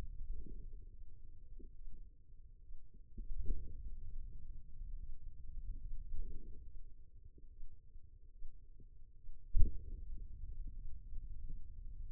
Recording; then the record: forearm muscle sounds (acoustic myography)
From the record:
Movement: finger pinch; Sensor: system 2, bracelet of six BSWA MPA416 microphones around the upper forearm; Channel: 3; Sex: female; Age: 25 years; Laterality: right